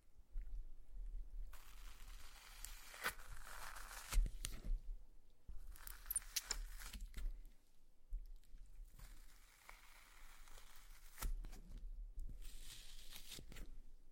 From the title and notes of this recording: ASMR SLIME! 5 Satisfying Slimes.